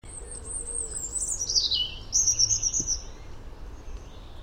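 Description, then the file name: European robin song, a thin high phrase sliding down from very high notes to a lower trill around the middle, over steady background hiss. "Erithacus rubecula"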